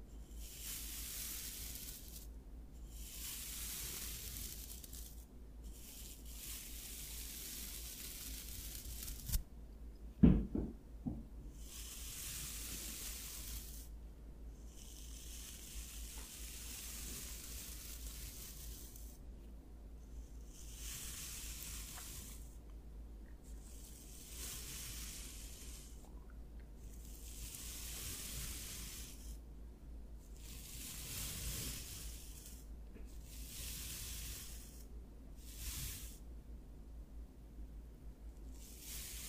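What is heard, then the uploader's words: A scalp massage made of soft, bright scratching and rustling strokes that come in bursts of a few seconds, separated by short quiet gaps. The rhythm is fairly regular throughout. Around ten seconds a single sharper knock or tap stands out. ASMR Scalp Massage of Your Dreams.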